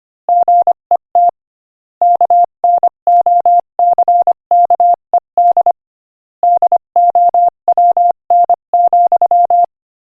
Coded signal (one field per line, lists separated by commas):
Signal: Morse code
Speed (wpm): 24 wpm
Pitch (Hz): 700 Hz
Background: none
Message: GET KNOCKED DOWN,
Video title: Morse Code Practice: 25 wpm Inspirational Quote 1